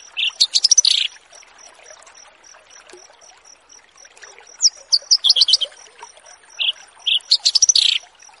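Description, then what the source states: Horsfield's bush lark song in short clusters of sharp high chirps and twittering notes separated by quiet gaps, over a faint repeated high tone. Bird-keeping song tutoring (masteran) recording.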